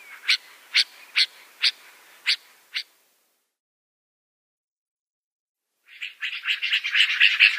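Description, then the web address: Yellow-vented bulbul calls: six sharp separate notes spaced about half a second apart, a silent gap, then a fast burst of chattering notes. "Schulze Peter Yellow-vented Bulbul calls"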